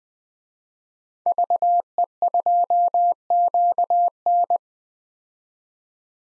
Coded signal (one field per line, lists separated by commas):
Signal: Morse code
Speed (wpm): 20 wpm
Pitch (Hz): 700 Hz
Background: none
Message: VE2QN